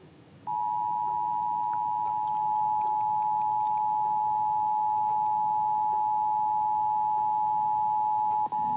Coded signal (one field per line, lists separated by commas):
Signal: Emergency Alert System (SAME) tones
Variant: 853 and 960 Hz attention tone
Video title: National EAS Test 2023